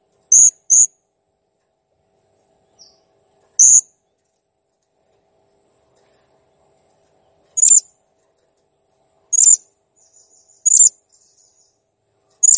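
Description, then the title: Blue-crowned hanging parrot calls: sharp very high squeaky notes, a quick double at first, then spaced single calls with quiet gaps between. Master recording of a clear, actively calling bird, made for training cage birds. "Masteran Burung Serindit Ll Masteran Serindit Gacor Jernih"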